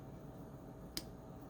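During a crank swap, the crankshaft of a TRX 2.5/3.3 RC nitro engine is held and fitted into the engine block. A single sharp click at 1.0 s rises above a low, steady background hum. The crankshaft clicks and seats in place.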